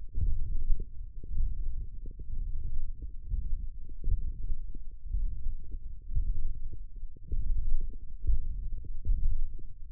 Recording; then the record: forearm muscle sounds (acoustic myography)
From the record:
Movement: tripod grip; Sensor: system 1, eight BSWA MPA416 microphones around the upper forearm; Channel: 6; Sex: male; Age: 21 years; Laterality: right